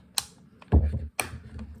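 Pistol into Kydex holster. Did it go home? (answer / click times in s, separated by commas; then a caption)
yes / 0.2 s, 1.2 s. A pistol is pushed down into a Kydex holster until the holster's retention snaps over it, giving sharp, bright clicks at 0.2 s and 1.2 s. A duller, low thump and rustle sit between them, with faint ticks after. The pistol is seated with a good, solid click.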